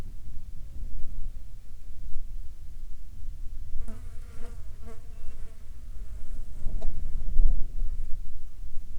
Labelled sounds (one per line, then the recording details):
wind
insects
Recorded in the Arctic National Wildlife Refuge, Alaska, on 8 July 2019 at 12:57
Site 37